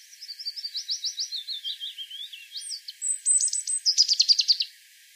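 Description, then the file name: European robin singing a rapid series of high ticking notes, then a very high thin whistle and a quick rattling trill. "Erithacus rubecula"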